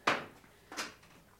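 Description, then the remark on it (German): Wooden window shutters swing shut with two solid knocks, a sharp first bang followed by a softer second clack about half a second later, each ringing out briefly. “Ich schließe die Läden.”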